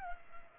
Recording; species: mosquito wingbeat signal from an infrared sensor; Culex pipiens